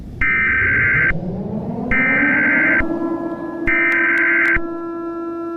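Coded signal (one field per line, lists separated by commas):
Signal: Emergency Alert System (SAME) tones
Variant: header bursts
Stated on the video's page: Fictional EAS scenario about lava.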